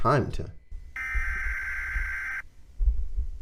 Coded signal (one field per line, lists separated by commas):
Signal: Emergency Alert System (SAME) tones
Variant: header bursts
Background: speech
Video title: Emergency Alert System Analog Horror Videos Are Weird